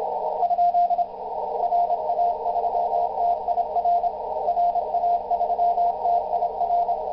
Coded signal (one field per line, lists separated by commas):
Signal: Morse code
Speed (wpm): 28 wpm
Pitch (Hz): 690 Hz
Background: radio noise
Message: ? RA3TIR RA3TIR